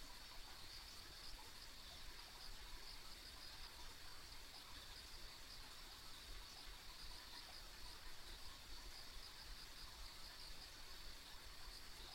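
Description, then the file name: Insects in a steady high-pitched chorus, a continuous shimmering trill with faint pulsing throughout, over a low, constant background rumble. Ambient insect sounds on a country road. "田舎道の虫の環境音"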